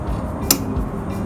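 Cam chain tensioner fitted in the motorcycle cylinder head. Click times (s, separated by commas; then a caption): 0.5 s. A Honda RS150R cam chain tensioner, installed in the motorcycle cylinder head, is unlocked by turning its tensioner screw anti-clockwise. A single loud, sharp click at 0.5 s marks the tensioner releasing, over steady low background noise. The tensioner is released.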